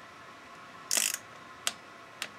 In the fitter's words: then we'll go ahead and torque until we hear a click.